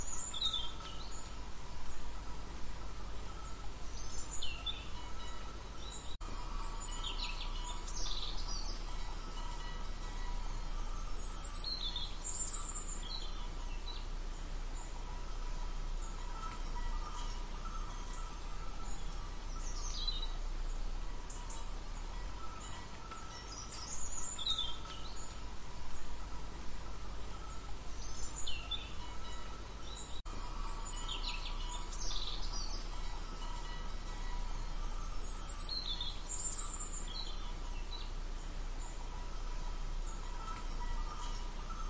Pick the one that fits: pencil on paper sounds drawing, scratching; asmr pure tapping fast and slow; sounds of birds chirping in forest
sounds of birds chirping in forest